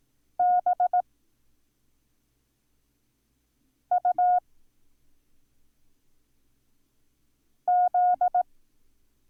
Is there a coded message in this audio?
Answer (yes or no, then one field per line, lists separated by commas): yes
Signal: Morse code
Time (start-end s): 0.4-8.4 s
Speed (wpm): 18 wpm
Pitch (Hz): 720 Hz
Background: none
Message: BUZ